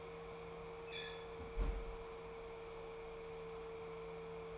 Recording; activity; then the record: daily activity, microphone in the room; close fridge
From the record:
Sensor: 1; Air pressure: 1015.0 hPa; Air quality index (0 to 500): 193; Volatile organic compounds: 21 ppm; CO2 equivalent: 2729 ppm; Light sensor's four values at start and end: 11/26/10/12 and 12/28/11/13